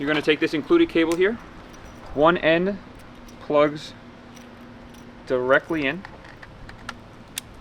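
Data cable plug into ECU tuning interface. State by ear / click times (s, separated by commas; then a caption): seated / 7.4 s. Someone talks while plugging one end of the included data cable directly into an EK1 V3 ECU tuning interface used to tune a highly modified Elantra N. A few faint ticks precede a sharp click at 7.4 s as the connector locks into place and is fully seated.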